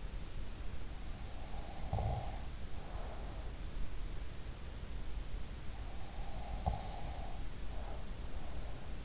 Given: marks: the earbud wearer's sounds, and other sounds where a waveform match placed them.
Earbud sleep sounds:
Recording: sounds in sleep by an in-ear microphone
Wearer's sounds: snoring breath, breath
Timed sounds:
0.95-4.08 s: snoring breath
5.76-9.04 s: breath

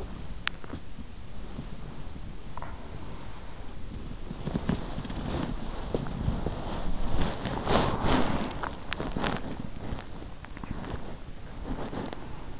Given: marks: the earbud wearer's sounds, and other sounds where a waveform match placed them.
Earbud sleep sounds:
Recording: sounds in sleep by an in-ear microphone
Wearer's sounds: swallowing, body movement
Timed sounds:
0.00-0.94 s: swallowing
0.49-12.60 s: body movement

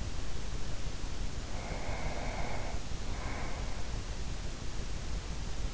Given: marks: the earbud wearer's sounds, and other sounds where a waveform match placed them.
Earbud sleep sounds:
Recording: sounds in sleep by an in-ear microphone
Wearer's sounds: breath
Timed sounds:
1.55-4.17 s: breath

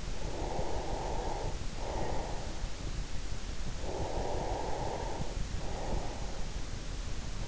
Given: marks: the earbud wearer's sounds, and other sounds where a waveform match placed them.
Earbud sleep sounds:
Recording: sounds in sleep by an in-ear microphone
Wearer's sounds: breath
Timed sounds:
0.00-3.24 s: breath
3.76-6.75 s: breath

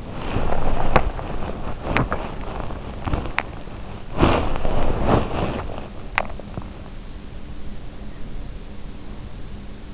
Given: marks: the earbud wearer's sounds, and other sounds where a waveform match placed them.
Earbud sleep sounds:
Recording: sounds in sleep by an in-ear microphone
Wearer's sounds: body movement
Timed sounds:
0.00-6.56 s: body movement

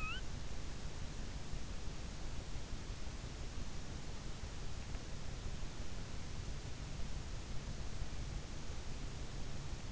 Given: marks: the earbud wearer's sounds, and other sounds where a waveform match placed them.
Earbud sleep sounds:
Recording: sounds in sleep by an in-ear microphone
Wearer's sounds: snoring breath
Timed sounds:
0.00-0.20 s: snoring breath

